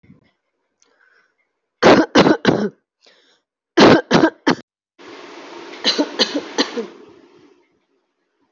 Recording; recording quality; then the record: shallow voluntary cough; moderate, slight background noise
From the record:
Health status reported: healthy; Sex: female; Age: 49 years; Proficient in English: yes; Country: India